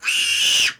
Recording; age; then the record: pig call; piglet (1 to 25 days)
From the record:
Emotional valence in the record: negative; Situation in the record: restrain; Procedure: sham castration, cut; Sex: male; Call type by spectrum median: high-frequency call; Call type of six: high-frequency modulated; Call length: 0.79 s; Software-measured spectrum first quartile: 2789 Hz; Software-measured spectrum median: 3438 Hz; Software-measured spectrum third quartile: 6132 Hz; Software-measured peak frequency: 2777 Hz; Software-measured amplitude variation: 113 dB a second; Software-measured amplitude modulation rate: 20.9 a second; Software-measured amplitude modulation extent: 5.4 dB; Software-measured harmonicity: 5.3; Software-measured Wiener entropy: -2.30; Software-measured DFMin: 1122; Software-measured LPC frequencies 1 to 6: 1590, 2888, 5204, 6073, 7568, 8849 Hz